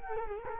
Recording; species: mosquito wingbeat signal from an infrared sensor; Culex quinquefasciatus